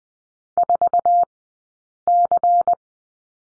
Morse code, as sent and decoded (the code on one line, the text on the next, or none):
....- -.-.
4C